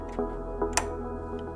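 A child turns a cable plug slightly to line it up and pushes it into the socket on the back of a digital whiteboard, with steady music playing throughout. Two softer knocks at about 0.2 s and 0.6 s come before a sharp, bright click at 0.8 s as the plug seats in the socket.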